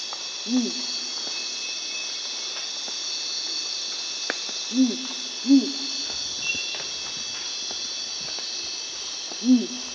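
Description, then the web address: Feline night monkey uttering four deep, brief hoots spaced unevenly across ten seconds, backed by a constant shrill hum of insects. Primate of the South American rainforest. "Natures Songs S America Primates of the Rainforest Feline night monkey"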